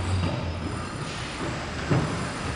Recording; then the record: background sound without coughing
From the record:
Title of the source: 30 MINUTES Construction Site Ambience (CC BY 4.0)